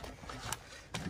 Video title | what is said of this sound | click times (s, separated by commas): Mounting the blade on a John Deere 400 quick & easy | then lift up on the plow those should pop in | 0.5 s, 0.9 s